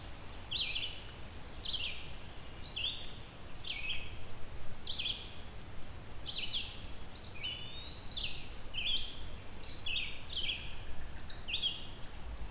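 Red-eyed vireo song: short, slurred whistled phrases repeated steadily with brief pauses, over a low background rumble.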